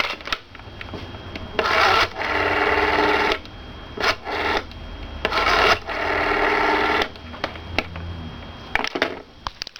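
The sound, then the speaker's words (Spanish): The rotary dial of a 1970s Citesa Heraldo desk telephone, with wheel and bell, is turned and released, giving two longer whirring, rasping returns and several sharp short clicks between them, with no voices. “El sonido del teléfono Heraldo, de rueda y campana, se convierte en un sonido casi identitario y familiar.”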